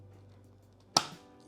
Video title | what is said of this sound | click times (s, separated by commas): Bona Pet Microfiber Floor Mop - How to Use | and snap this into place. You see how this goes in? Snaps into place like that. | 1.0 s